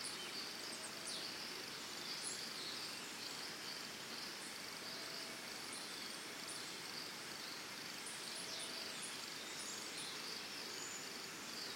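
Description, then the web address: Continuous high cricket trilling fills the background while short, sharp bird notes sound now and then. Crickets with birds in forest and jungle in Costa Rica, early morning. "Big Room Sound Birds Crickets Costa Rica"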